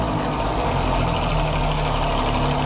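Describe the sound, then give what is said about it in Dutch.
An Alfa Romeo Giulia GT engine idles with a steady, low throbbing rumble and a faint rhythmic pulse, holding an even loudness throughout with no voices over it. “Ik denk de Giulia GT. Ja, je hebt wel een beetje zo... Ja, klopt.”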